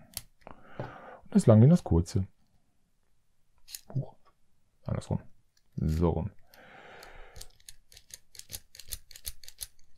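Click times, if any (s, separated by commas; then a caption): none. Someone talks while fiddling with the plastic toy grenade pieces of a Hasbro Star Wars Rogue One Baze Malbus vs. Stormtrooper 3.75-inch action-figure set, trying to push the short piece into the long one and then the other way round. Small plastic ticks and taps are heard around 0.2, 3.8 and 7.4 seconds, with a quick run of light clicks from 8.4 to 9.6 seconds. The pieces do not fit, and nothing has snapped or locked in yet.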